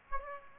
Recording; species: mosquito wingbeat signal from an infrared sensor; Aedes aegypti